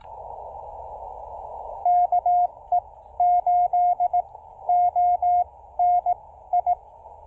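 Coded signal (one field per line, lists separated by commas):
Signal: Morse code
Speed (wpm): 20 wpm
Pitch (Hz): 710 Hz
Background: radio noise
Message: KE8ONI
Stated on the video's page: Morse from a QRP picnic-table POTA park activation using CHA MPAS Lite and CHA UCM antennas.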